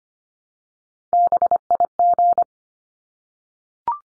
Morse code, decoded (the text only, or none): BIG